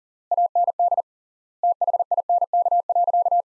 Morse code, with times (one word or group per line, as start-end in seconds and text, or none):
0.3-1.0 AND
1.6-3.4 THINK.